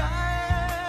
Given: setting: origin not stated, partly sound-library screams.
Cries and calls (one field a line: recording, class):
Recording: one-second piece from a danger detection set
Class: normal situation